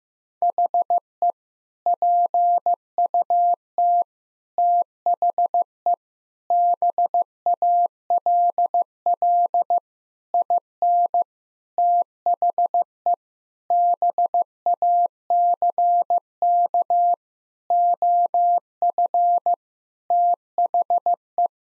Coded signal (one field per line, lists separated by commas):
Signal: Morse code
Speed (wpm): 16 wpm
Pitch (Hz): 700 Hz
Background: none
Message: HE PUT THE BALL IN THE BACK OF THE